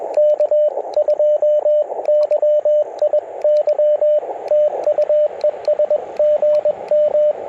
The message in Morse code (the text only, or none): K2YIY TU ES GM